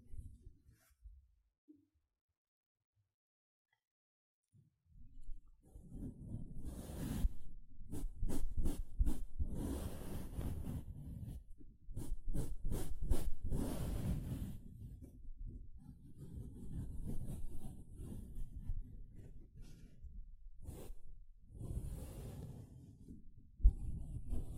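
A sponge is scrubbed and squished. After a quiet opening with a few faint touches, steady low rubbing starts around five seconds, broken by rapid bright scratching strokes near seven to fifteen seconds. Softer uneven rubbing continues, with a sharp scrape near the end.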